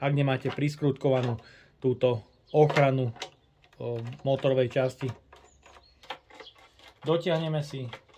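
Someone talks while handling the plastic protective cover over the motor housing of a Parkside PLS 3000 A1 electric garden blower, vacuum and leaf shredder, tightening it onto the blower housing so its safety interlock switch will engage. Faint handling knocks come between about 5.3 and 6.8 seconds. Nothing has seated or clicked yet; the switch click comes after the clip ends.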